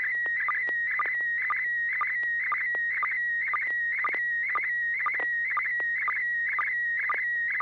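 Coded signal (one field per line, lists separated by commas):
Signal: SSTV (slow-scan television)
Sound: warbling whistle near 2 kHz with rhythmic ticking dips, about two per second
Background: low mains hum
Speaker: image I'll let others take a guess first before I guess starting with Carol kp4mg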